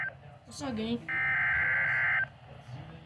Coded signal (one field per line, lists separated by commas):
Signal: Emergency Alert System (SAME) tones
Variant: header bursts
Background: speech